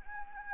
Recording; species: mosquito wingbeat signal from an infrared sensor; Anopheles gambiae